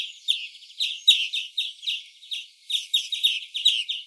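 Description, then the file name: European greenfinch with sharp chirping notes in short bursts, a few per second, pausing briefly midway then continuing. "Chloris chloris"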